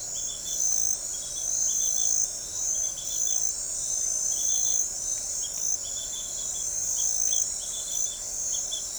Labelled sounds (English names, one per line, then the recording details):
none
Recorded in forest near Pivijay, Magdalena, Colombia, on 1 June 2023 at 21:30
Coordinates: 10.467, -74.380
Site Z5-G034